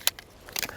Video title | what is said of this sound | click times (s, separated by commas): Gerber DoubleDown Folding Machete - Yep, You Read That Right! | this little catcher it's got a little notches right here just pop that open | 0.1 s